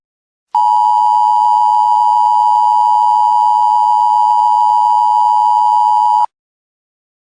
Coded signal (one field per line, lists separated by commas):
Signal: Emergency Alert System (SAME) tones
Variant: 853 and 960 Hz attention tone